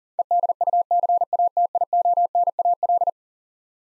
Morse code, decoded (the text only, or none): EDUCATIONAL